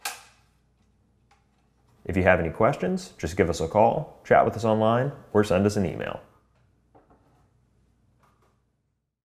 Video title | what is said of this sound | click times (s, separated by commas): How to assemble your Scosche GM1583B dash kit for select 1992-2007 GM/Isuzu vehicles - Crutchfield | Finally, you can snap your trim ring back into place and you're ready to connect your harness and reassemble your dash. | 0.1 s